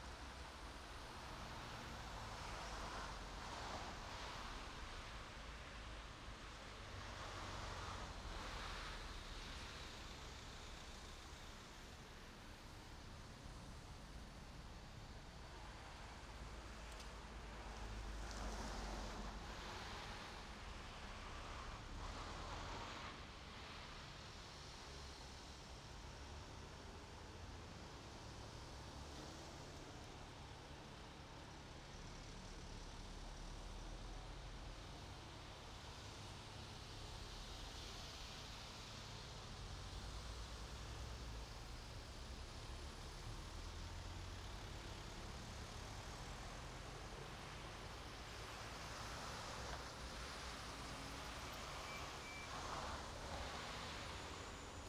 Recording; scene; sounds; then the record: everyday scene through a hearing-aid microphone; in traffic; traffic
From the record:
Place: main road on the outskirts, rush hour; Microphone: in the ear canal, right